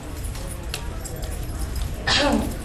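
A single short, harsh, forceful burst stands out near the end over steady low background noise in a busy exhibit hall. It is one cough from Max, an adult guide dog, with no repeated bouts heard.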